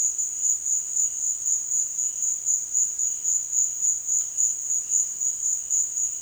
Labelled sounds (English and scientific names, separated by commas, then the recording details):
none
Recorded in dense forest near Puerto Asís, Putumayo, Colombia, on 22 June 2025 at 15:00
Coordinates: 0.466, -76.327
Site GP04